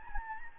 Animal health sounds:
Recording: mosquito wingbeat signal from an infrared sensor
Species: Anopheles gambiae

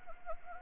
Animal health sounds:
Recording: mosquito wingbeat signal from an infrared sensor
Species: Anopheles arabiensis

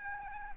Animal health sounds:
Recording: mosquito wingbeat signal from an infrared sensor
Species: Aedes albopictus

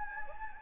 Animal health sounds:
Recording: mosquito wingbeat signal from an infrared sensor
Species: Anopheles gambiae

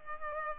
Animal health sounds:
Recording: mosquito wingbeat signal from an infrared sensor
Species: Culex pipiens

